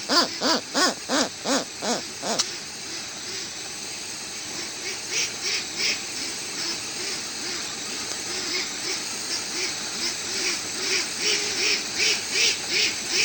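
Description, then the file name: Westland petrel song calls: several loud, harsh braying notes at the start, then quieter rapid cackling that swells again toward the end, under continuous hiss. "westland black petrel song"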